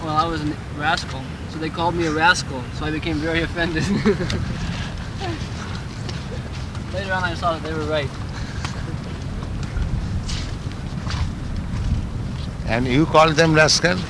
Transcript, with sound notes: Well, I was a rascal. So they called me a rascal, so I became very offended. [laughs] Later on, I saw that they were right.
And you called them rascal?